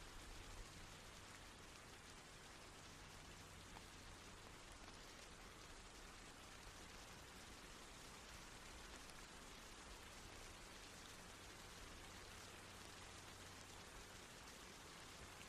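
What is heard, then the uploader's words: Rain falls in a steady, dense hiss that barely changes over the sixteen seconds, bright and full with countless fine drops blending together. A faint low hum runs underneath throughout, and the level stays even from start to finish. Serene Rain Sounds.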